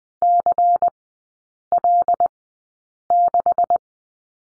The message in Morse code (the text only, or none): CL6